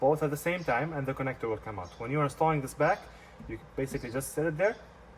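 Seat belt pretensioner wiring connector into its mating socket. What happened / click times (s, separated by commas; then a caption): Handled, not yet home: no seating click heard / none. Someone talks while handling the plastic electrical connector of a Honda Civic's seat belt pretensioner wiring, which has two white push tabs on its sides, as it is set back toward its mating socket. Nothing has seated or clicked yet; the clip ends just before the connector snaps home.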